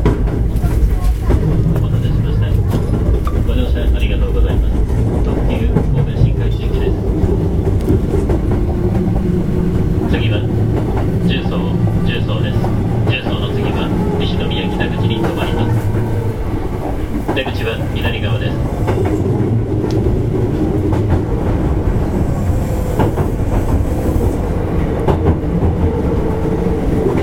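A train running, with a heavy, steady low rumble that fills the whole stretch without letup. Short high squeals cut in repeatedly, around 3–7 seconds and again between 10 and 19 seconds, over a faint murmur of voices.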